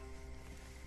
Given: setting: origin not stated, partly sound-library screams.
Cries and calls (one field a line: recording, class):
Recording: one-second piece from a danger detection set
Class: normal situation